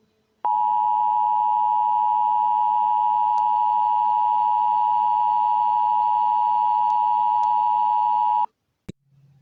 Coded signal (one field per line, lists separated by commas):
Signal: Emergency Alert System (SAME) tones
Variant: 853 and 960 Hz attention tone